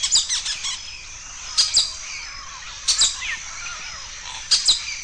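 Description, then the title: Bird calling in several bursts of quick high chirping notes, each followed by a brief pause. "LuckyPassaro Completos2Sama"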